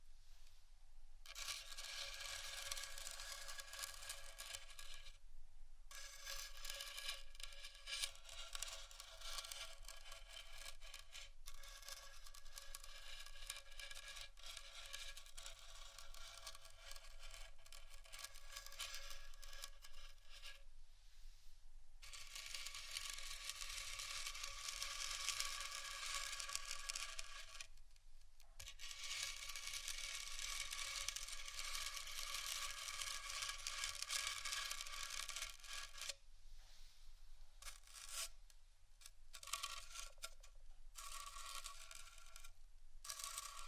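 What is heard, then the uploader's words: Intense scratching runs almost without pause for the whole stretch, a dense, gritty rasp sitting in the bright upper range with little low end. Brief gaps break it around 5, 11, 21, 28 and 36 seconds, and the last few seconds turn choppier with quick stop-start strokes. ASMR Intense Scratching. (No Talking).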